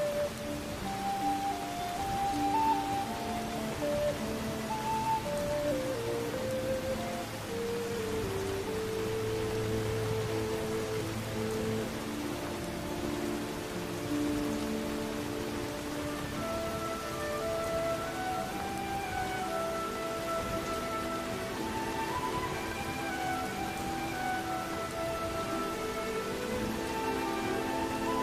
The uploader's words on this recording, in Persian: هاگواترز در شب بارانی. پادکستی که میشنوید به کمک "باینورال بیت" تهیه شده (بیت هایی که به صورت دو ضربه با فرکانسهای متفاوت شنیده میشوند).